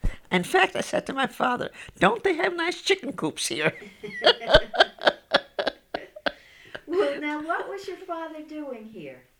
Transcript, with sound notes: In fact, I said to my father, "Don't they have nice chicken coops here?" ( they laugh )
Well, now, what was your father doing here?